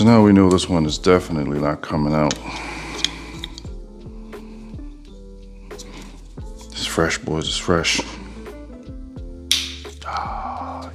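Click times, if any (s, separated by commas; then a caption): 9.5 s. A plastic retaining clip on the turbo charge pipe's intake piping of a 500 HP BMW E92 335i is worked on while the charge pipe and blowoff valve are removed during a high-pressure fuel pump replacement. Someone talks over background music, with small taps and knocks before the clip gives a sharp snap at 9.5 s. The clip snaps loose.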